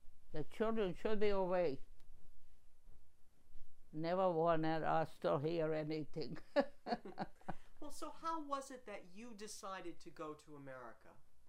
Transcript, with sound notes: The children should be away. Never wanted us to hear anything. (laughing)
So well, how was it that you decided to go to America?